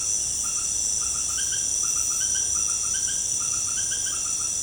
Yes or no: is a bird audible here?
no